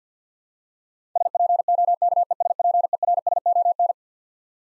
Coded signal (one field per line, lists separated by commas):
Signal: Morse code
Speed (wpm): 50 wpm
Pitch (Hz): 700 Hz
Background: none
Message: SPOKESPERSON